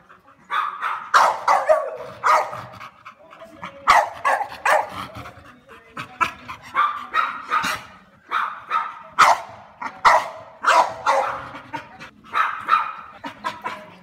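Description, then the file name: French Bulldog barking continuously in quick, uneven volleys of short, harsh barks over about fourteen seconds. "Tieng cho Bully phap sua"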